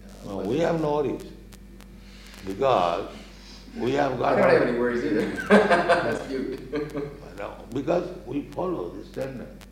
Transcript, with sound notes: We have no worries. Because we have got...
I don't have any worries either. [laughs] That's good.
Because we follow the standard.